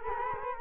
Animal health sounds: mosquito wingbeat signal from an infrared sensor; Culex quinquefasciatus

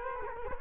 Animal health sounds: mosquito wingbeat signal from an infrared sensor; Culex quinquefasciatus

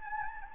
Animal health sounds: mosquito wingbeat signal from an infrared sensor; Anopheles gambiae

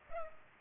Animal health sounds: mosquito wingbeat signal from an infrared sensor; Culex pipiens

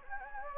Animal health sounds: mosquito wingbeat signal from an infrared sensor; Anopheles gambiae

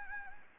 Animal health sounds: mosquito wingbeat signal from an infrared sensor; Anopheles gambiae

